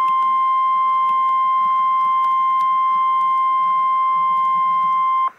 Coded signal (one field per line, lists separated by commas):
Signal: Emergency Alert System (SAME) tones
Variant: 1050 Hz attention tone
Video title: REAL EAS 411-Severe thunderstorm warning